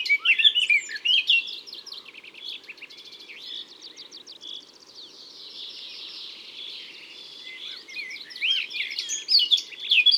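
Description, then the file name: Eurasian blackcap song, a rich, fast warble of varied chirps and fluty notes, with louder bursts at the start and end and a softer rambling passage between. Recorded in Isère, France. "Fauvette-a-tete-noire-Concerts-naturels-de-l Isere-Studio-Les-Trois-Becs"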